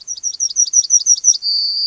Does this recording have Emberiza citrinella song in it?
yes